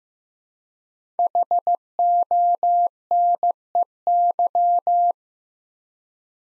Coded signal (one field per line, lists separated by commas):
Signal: Morse code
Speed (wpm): 15 wpm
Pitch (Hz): 700 Hz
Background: none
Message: HONEY